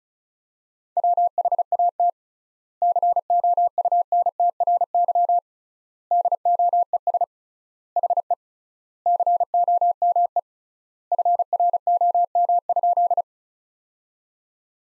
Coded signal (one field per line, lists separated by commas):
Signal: Morse code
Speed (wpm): 36 wpm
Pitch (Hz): 700 Hz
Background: none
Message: WHAT COUNTRY DOES HE COME FROM?